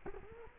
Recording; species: mosquito wingbeat signal from an infrared sensor; Culex quinquefasciatus